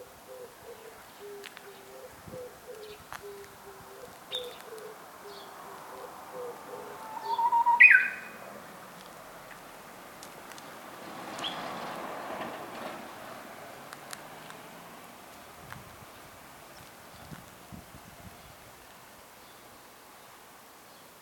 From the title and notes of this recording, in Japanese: うぐいす2017年5月。